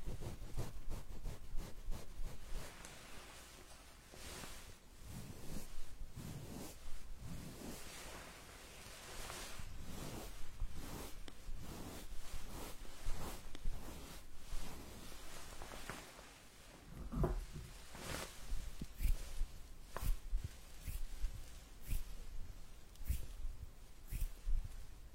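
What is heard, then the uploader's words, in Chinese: Ear massage: soft rubbing and brushing sounds that come and go in irregular strokes throughout, some swelling slowly and some short and crisp. Sharper scratchy bursts grow more frequent after about 17 seconds, with low muffled thumps underneath. 按摩耳朵3（声控助眠）。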